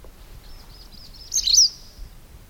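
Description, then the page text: White wagtail gives one sharp, high, slurred chirp midway over faint background twittering. Spring. "linavästrik. spring"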